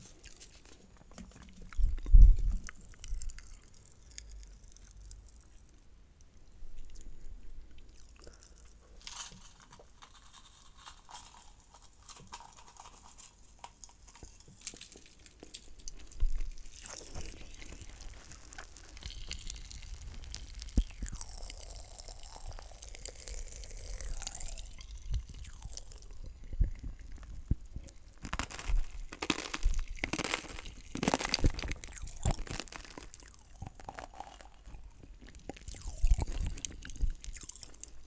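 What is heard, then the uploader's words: Popping candy crackles in scattered, irregular bursts of bright snaps, with chewing-like crunches and a thump near two seconds. ASMR Layered Popping Candy (TINGLES).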